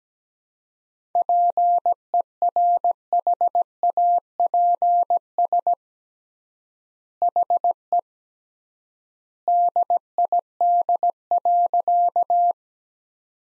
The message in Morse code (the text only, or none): PERHAPS HE DID.